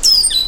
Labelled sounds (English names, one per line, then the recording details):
Stitchbird song
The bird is a male
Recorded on Tiritiri Matangi Island, New Zealand, in 2005
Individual 3, of nest box 3